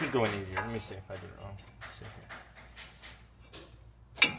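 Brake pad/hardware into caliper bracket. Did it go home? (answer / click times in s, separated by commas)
yes / 4.2 s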